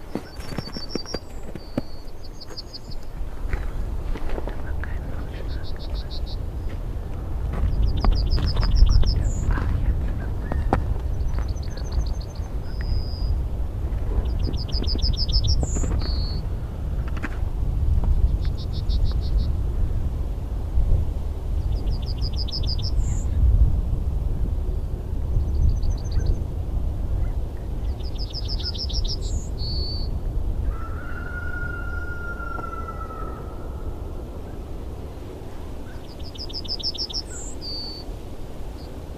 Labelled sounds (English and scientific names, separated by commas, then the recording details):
Yellowhammer (Emberiza citrinella)
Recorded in the wild
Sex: male
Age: adult
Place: Kremmen, Kremmener Luch, Brandenburg, DE
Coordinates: 52.7494, 13.0642
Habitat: village
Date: 2013-03-16
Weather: sunny, almost windless, -10°C
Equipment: Sound Devices 702, Sennheiser MKH 70, Rycote Windschutz
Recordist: Frommolt, Karl-Heinz